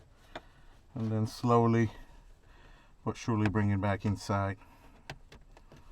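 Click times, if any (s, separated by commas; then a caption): 5.1 s, 5.3 s. In a Mercedes AMG GT/S during an Android head unit upgrade install, a small plastic trim cover is centered and slowly pushed back into the console while someone talks. Two sharp clicks at 5.1 s and 5.3 s, followed by a few faint ticks, mark the cover snapping in on both sides, fully seated.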